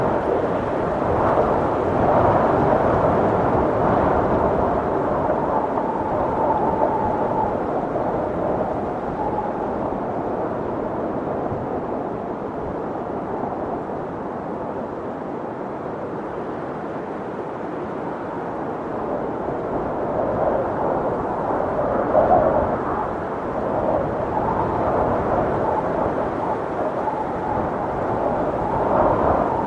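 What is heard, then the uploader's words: Wind gusts roar steadily through the whole stretch, a dense low rushing sound that swells slightly near the start and again past the twenty-second mark. Brief whistling tones rise and fade in the middle range, and the sound stays dull, with little brightness. This episode features only natural soundscapes with no dialogue or voice. The calming sounds of the wind gusts.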